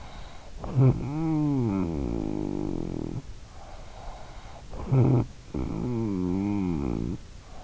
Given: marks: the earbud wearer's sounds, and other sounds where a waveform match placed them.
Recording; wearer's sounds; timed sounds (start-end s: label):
sounds in sleep by an in-ear microphone; snoring breath
0.33-3.93 s: snoring breath
4.68-7.64 s: snoring breath